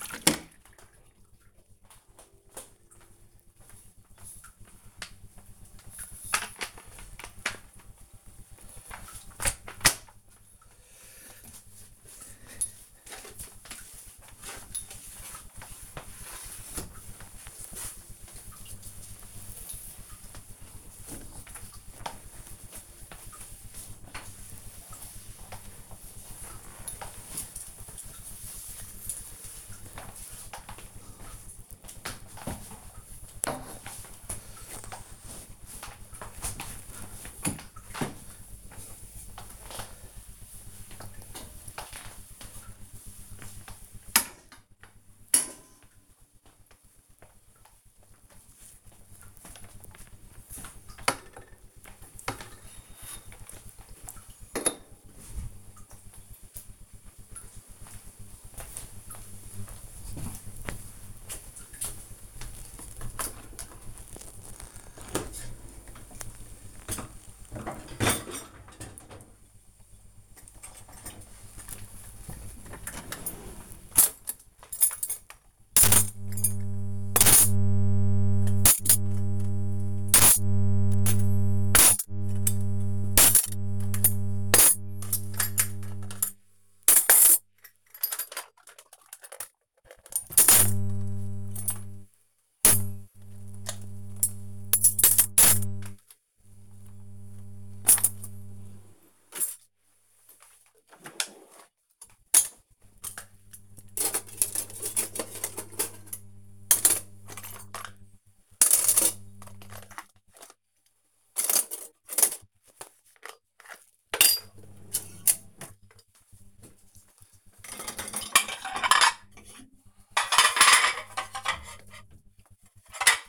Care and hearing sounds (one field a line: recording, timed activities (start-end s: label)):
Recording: household activities, microphone on the right wrist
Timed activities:
0.00-49.95 s: floor cleaning
63.08-123.29 s: cleaning out the dishwasher